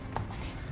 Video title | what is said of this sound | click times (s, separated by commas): Troca de tela notebook ACER ES1-511 | esses cliques são os instalas que a a Mura está se prendendo na tampa aqui | 0.2 s